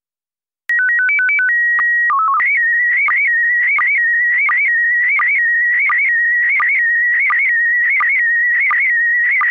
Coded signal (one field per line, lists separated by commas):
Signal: SSTV (slow-scan television)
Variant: PD 90